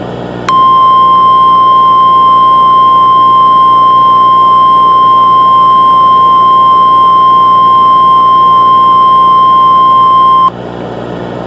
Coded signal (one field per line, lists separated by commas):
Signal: Emergency Alert System (SAME) tones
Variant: 1050 Hz attention tone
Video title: EAS Earthquake Warning Simulation: Los Angeles, California